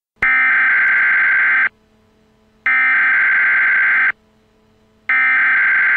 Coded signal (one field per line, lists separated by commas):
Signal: Emergency Alert System (SAME) tones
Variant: header bursts